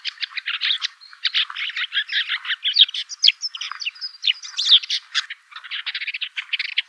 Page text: LANIUS SENATOR - WOODCHAT SHRIKE - AVERLA CAPIROSSA